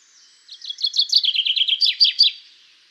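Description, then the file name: Common chaffinch song: a quick run of bright, chipping notes that drops in pitch, ending in a short, sharp flourish. "Fringilla coelebs"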